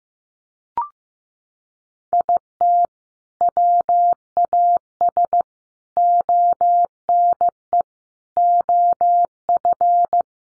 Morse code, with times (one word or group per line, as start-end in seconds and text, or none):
2.1-2.9 IT
3.4-5.4 WAS
6.0-7.8 ONE
8.4-10.2 OF